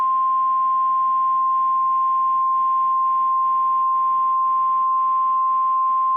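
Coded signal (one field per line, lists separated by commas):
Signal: Emergency Alert System (SAME) tones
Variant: 853 and 960 Hz attention tone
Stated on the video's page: Severe Thunderstorm Warning tones received via Cox cable.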